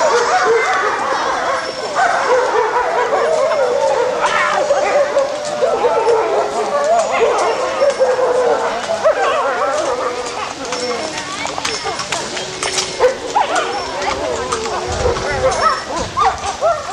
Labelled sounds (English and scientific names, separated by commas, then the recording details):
Gray Wolf (Canis lupus) howling
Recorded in captivity
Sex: group
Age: diverse
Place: Zoo Berlin, Berlin, DE
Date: 1986-08-08 10:40
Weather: heiter, 8°C
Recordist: Tembrock, Günter
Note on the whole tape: Gruppe mit Jungen: Bellheulen